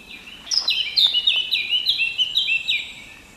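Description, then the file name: Eurasian blackcap song: a brisk string of downslurred notes, repeated in a steady flowing phrase, with a soft hiss behind. "Sylvia atricapilla"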